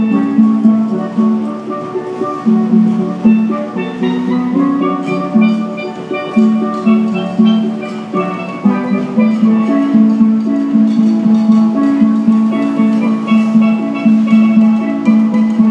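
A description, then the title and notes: Steel drums play a lively, steady melody, with bright ringing notes struck in quick, regular succession and a repeating low tone near the bottom of the range. The playing is continuous, each hit fading quickly before the next, over a faint street background. Steel drums on Market and 4th by David Noël.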